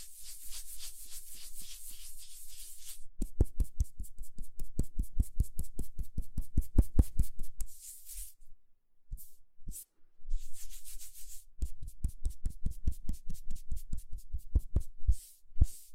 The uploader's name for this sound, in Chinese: 搓手手